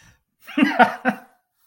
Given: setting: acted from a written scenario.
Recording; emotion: vocal sound without words; pride